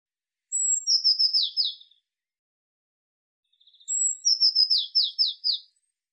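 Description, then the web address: Eurasian blue tit call: a thin high whistle followed by a descending series of buzzy trilled notes, given twice about three seconds apart in silence. "cianscape birddata Deverinetal 2025 File cleaned normalized Bird Cy Ca"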